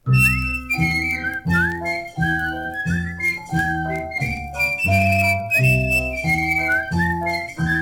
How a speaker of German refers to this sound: Und jetzt wollen wir mal sehen, wer am besten pfeifen kann.